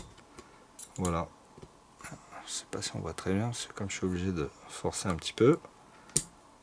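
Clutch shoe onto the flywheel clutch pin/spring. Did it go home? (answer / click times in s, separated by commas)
yes / 6.2 s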